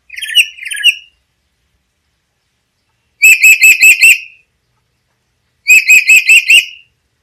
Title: Nuri kepala hitam